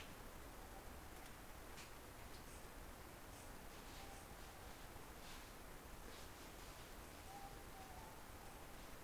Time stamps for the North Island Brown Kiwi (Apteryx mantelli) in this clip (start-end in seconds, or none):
none